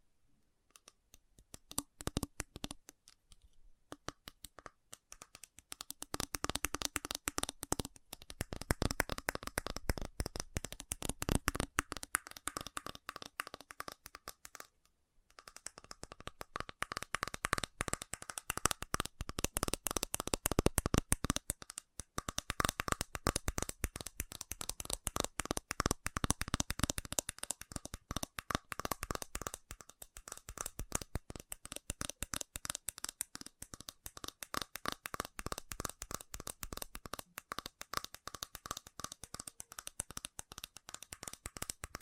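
Fast tapping, a dense, rapid patter of crisp clicks that starts sparse, pauses briefly near fifteen seconds, then continues steadily to the end.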